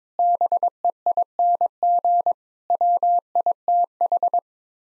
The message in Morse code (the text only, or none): BEING WITH